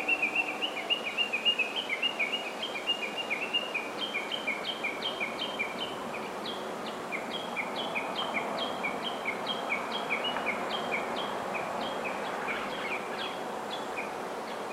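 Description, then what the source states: Lyrebird calling in a long, fast run of short chirping notes, stepping between two pitches and repeated several times a second, over steady background noise. Very long call.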